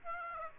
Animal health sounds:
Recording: mosquito wingbeat signal from an infrared sensor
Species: Aedes aegypti

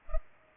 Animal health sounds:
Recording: mosquito wingbeat signal from an infrared sensor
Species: Culex pipiens

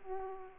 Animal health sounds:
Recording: mosquito wingbeat signal from an infrared sensor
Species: Aedes aegypti

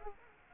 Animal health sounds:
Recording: mosquito wingbeat signal from an infrared sensor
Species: Anopheles gambiae

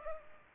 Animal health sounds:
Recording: mosquito wingbeat signal from an infrared sensor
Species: Culex pipiens

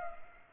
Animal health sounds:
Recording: mosquito wingbeat signal from an infrared sensor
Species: Culex pipiens

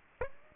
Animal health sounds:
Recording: mosquito wingbeat signal from an infrared sensor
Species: Aedes aegypti

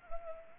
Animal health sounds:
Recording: mosquito wingbeat signal from an infrared sensor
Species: Anopheles arabiensis

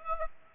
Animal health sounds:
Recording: mosquito wingbeat signal from an infrared sensor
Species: Aedes aegypti

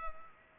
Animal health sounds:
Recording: mosquito wingbeat signal from an infrared sensor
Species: Culex pipiens

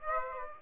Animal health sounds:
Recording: mosquito wingbeat signal from an infrared sensor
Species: Aedes aegypti

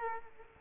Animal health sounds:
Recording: mosquito wingbeat signal from an infrared sensor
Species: Culex quinquefasciatus

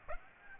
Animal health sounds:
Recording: mosquito wingbeat signal from an infrared sensor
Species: Aedes aegypti

